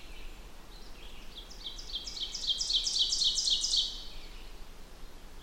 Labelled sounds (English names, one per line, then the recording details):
Ovenbird song
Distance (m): 30 m
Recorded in boreal forest in Alberta, Canada, on 16 June 2016 at 08:40
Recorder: SongMeter 3, array SBT-3-32
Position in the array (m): 174 m, -30 m
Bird 38